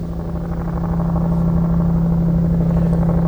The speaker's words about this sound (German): Der Hubschrauber ist wieder da.